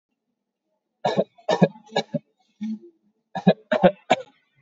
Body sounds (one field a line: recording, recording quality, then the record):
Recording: shallow voluntary cough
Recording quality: excellent, no background noise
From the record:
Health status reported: COVID-19 positive, no symptoms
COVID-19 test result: positive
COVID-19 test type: RT-PCR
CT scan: taken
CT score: 7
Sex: male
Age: 50 years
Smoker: no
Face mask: worn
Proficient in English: yes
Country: India